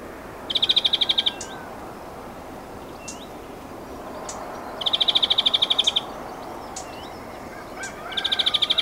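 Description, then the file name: European greenfinch uttering three quick ticking trills, each roughly a second long, separated by pauses with a few thin chips between. "Chloris chloris"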